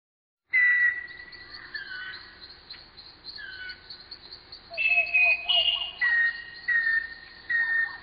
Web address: banco uirapuru